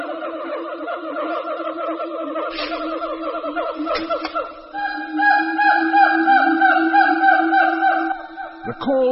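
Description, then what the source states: Siamang calls: dense, rapid pulsed hoots run together, growing louder and shifting higher midway, with a sharp break near the end. Duet between dominant male and female, soon joined by the rest of the family in a frenzy of activity; territorial calls warning neighbouring Siamangs away, carrying over a mile.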